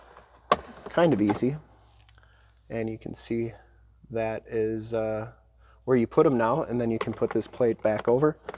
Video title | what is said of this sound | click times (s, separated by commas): ALL NEW 2024 JEEP WRANGLER RUBICON X 4 DOOR WHITE FULL 4K WALKAROUND 24J17 SOLD! | put that underneath this plate here this kind of just pops out of there | 0.5 s